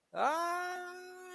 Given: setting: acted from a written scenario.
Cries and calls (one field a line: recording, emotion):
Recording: vocal sound without words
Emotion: pain